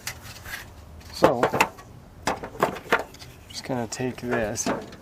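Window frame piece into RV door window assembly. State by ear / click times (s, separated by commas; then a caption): not seated / none. A plastic frame piece for an RV door window with a built-in blind is handled near the window assembly. Someone talks over short knocks and taps. Nothing has seated or clicked yet.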